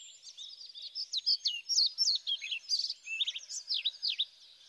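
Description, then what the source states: Pied flycatcher song: a varied, fairly quiet run of high, quick chirps and downslurred notes, uneven in rhythm, lasting a few seconds. Black and white male singing to his female; nests in nest boxes in Sweden, competing with blue tits and great tits for them.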